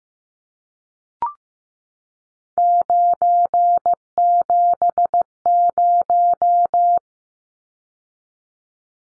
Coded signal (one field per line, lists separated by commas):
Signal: Morse code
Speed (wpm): 15 wpm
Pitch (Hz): 700 Hz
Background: none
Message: 970